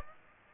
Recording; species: mosquito wingbeat signal from an infrared sensor; Aedes aegypti